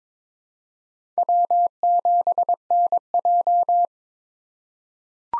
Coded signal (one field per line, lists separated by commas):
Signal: Morse code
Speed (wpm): 21 wpm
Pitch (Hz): 700 Hz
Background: none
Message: W7NJ